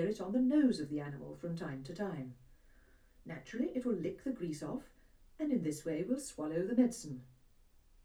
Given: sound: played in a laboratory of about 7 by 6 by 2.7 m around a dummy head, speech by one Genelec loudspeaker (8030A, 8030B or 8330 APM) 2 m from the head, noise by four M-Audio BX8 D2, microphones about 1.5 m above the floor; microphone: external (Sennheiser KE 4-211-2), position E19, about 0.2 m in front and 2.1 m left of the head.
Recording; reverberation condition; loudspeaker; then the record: female speech in English; low; 150 degrees to the right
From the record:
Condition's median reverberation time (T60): about 310 ms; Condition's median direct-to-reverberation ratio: about 3.5 dB